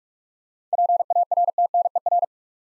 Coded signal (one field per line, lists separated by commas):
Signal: Morse code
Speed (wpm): 44 wpm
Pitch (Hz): 700 Hz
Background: none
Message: PARTNER